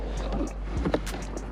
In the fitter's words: you just push that in until you hear the two clicks